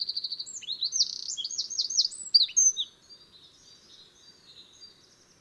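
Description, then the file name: Eurasian wren song ending: quick trilled notes and loud high swooping phrases for three seconds, then fading to quiet background. "Troglodytes troglodytes"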